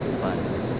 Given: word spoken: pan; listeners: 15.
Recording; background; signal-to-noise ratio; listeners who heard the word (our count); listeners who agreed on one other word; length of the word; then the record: one Spanish word in noise, from a listening test; speech-shaped noise; -5.1 dB; 2 of 15; 6 of 15; 0.40 s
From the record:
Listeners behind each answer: 6, 2, 2, 2, 1, 1, 1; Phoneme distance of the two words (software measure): 17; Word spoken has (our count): 1 syllable, 3 phonemes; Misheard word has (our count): 2 syllables, 4 phonemes, stress on syllable 1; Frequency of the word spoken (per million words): 77.24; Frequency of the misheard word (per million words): 6962.26